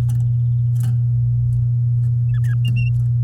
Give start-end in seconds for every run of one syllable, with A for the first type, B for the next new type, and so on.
0.00-0.01 A